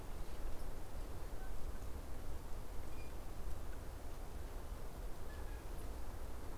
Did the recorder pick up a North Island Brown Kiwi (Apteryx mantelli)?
no